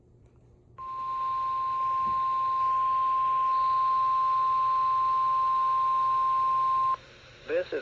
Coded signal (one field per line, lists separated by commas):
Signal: Emergency Alert System (SAME) tones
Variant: 1050 Hz attention tone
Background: speech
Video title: KXI42 Required Weekly Test. 2/4/26 EAS #540